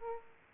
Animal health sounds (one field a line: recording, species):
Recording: mosquito wingbeat signal from an infrared sensor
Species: Aedes aegypti